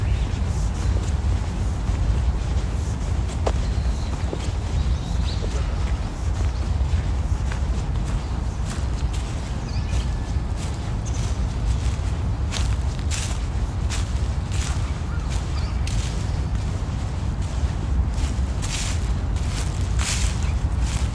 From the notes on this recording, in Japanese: 朝、公園で聴こえてくる小川のせせらぎや滝のオト、小鳥のさえずりや落ち葉ふみなど